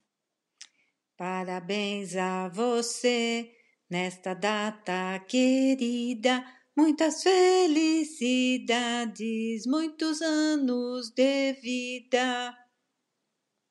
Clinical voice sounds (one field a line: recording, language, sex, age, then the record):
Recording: short text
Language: Brazilian Portuguese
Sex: female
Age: 60 to 69 years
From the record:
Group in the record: control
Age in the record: 68 years